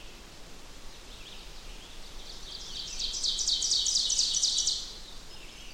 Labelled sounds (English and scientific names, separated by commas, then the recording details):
Ovenbird (Seiurus aurocapilla) song
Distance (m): 35 m
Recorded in boreal forest in Alberta, Canada, on 16 June 2016 at 08:44
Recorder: SongMeter 3, array SBT-3-32
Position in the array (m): 176 m, 37 m
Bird 36